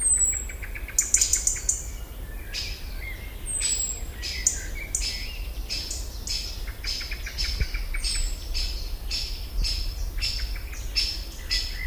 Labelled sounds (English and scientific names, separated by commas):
European Robin (Erithacus rubecula) call